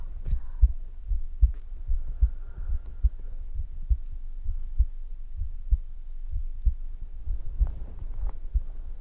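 Steady, soft low thumps near 70 a minute: an ordinary adult heartbeat, heard as if with the head resting on the chest, with faint rustling toward the end.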